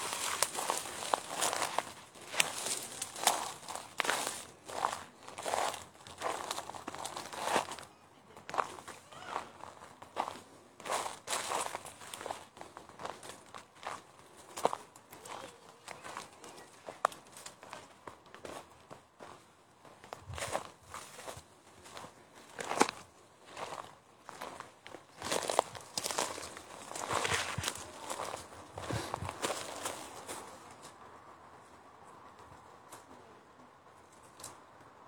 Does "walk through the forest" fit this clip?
yes